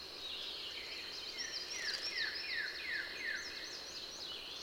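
Bird song: a series of clear descending whistles about three per second, with high chirps above.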